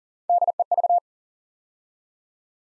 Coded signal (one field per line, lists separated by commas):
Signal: Morse code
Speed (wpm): 42 wpm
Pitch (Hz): 700 Hz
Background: none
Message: DEV